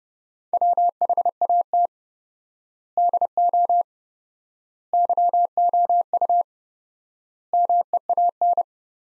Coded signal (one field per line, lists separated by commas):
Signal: Morse code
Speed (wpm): 32 wpm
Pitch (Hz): 700 Hz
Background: none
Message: WHAT DO YOU MEAN